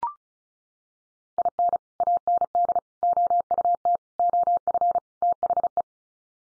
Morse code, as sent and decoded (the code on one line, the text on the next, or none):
.. -. / .- -. -.. / --- ..- - / --- ..-. / - .... .
IN AND OUT OF THE